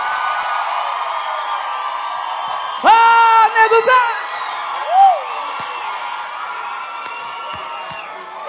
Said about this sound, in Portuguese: Uma salva de palmas.